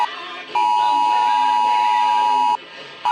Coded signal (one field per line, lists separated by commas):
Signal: Emergency Alert System (SAME) tones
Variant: 853 and 960 Hz attention tone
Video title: AM/FM (EAS # 717) National Periodic Test 10/4/23